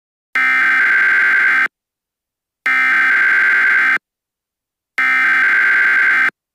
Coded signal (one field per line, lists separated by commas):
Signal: Emergency Alert System (SAME) tones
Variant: header bursts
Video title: eas scenario short the San Antonio Sephora riots